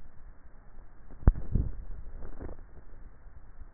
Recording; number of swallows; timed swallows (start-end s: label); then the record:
swallowing sounds by neck microphone; 1
1.45-2.38 s: swallow
From the record:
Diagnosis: dysphagia